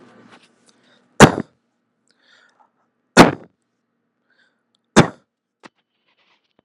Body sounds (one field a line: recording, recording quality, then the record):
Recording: shallow voluntary cough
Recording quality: excellent, no background noise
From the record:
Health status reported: healthy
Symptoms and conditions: diabetes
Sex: male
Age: 42 years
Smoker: not ticked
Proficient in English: yes